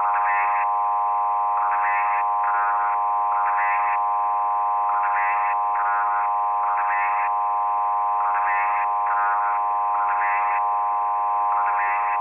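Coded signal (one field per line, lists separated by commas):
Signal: numbers station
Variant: S06s, Russian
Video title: crazy number station from ukraine S06s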